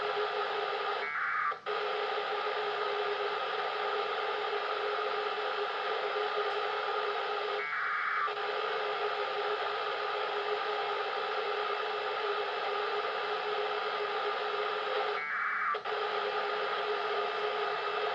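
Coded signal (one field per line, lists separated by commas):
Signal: packet radio (AX.25, as in APRS)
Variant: 1200 baud AFSK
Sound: constant radio hiss broken by three short warbling data bursts, each followed by a brief gap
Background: radio static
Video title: Ricezione segnali APRS dalla Stazione spaziale internazionale ISS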